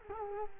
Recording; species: mosquito wingbeat signal from an infrared sensor; Culex quinquefasciatus